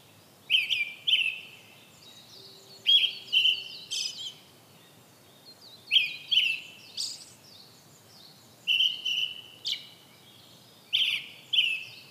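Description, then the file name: Brown-headed thrush singing paired clear whistled notes in phrases every few seconds, over a busy chorus of high twittering birds. "akahara"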